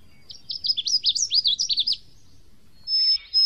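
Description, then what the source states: Lovebird twittering, a quick string of squeaky, wavering high notes for about a second and a half, followed by brief harsh sounds. Lovebird call used as a lure to attract lovebirds.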